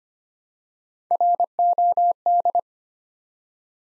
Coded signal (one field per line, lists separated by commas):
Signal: Morse code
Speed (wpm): 25 wpm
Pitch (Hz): 700 Hz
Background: none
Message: ROD